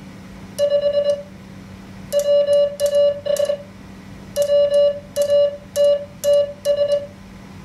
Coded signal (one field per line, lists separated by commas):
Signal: Morse code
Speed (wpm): 20 wpm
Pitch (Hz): 580 Hz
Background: none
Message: 5 WAS WATTS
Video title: Practice Morse Code with a Machine